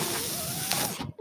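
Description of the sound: Steady airy hiss with a low mechanical hum, then a brief pause: a home mechanical ventilator running.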